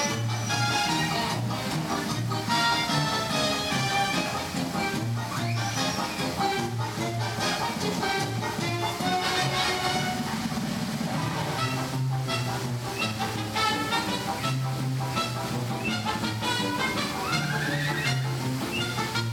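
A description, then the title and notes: A walk through the park carries busy, constant noise with music-like tones, a steady low throb, a few rising whistles and scattered voices. A Day at Universal Studios Florida. Walk the park as we journey from attraction to attraction.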